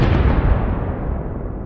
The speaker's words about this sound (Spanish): ¿Qué fue exactamente? Nunca lo supo. Quizá algún tardío estallido de los fuegos artificiales que se escuchaban durante todo el verano en Federal Hill, cuando sus habitantes festejaban a sus diversos patronos o a los santos de sus pueblos natales